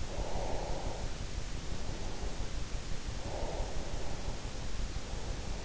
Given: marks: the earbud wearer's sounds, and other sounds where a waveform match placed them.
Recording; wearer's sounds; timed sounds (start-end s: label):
sounds in sleep by an in-ear microphone; breath
0.00-2.70 s: breath
3.00-5.55 s: breath